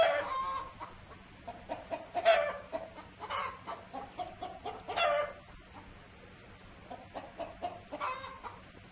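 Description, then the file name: Rooster: chicken clucking: short harmonic squawks every one to three seconds, with rapid soft clucks filling the gaps over a low steady hum. "gallo"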